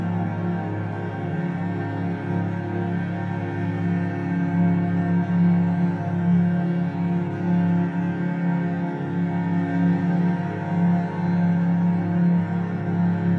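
A soft upright piano plays sustained, blended chords that ring into one another, with a steady low note humming underneath. The sound swells gently without sharp attacks, and the level stays even and quiet throughout.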